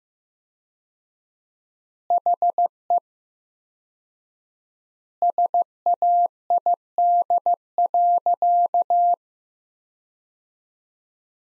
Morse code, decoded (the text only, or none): HE SAID.